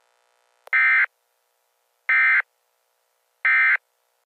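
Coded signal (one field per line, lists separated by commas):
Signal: Emergency Alert System (SAME) tones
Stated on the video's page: Late-night severe thunderstorm warning alerts, described as loud.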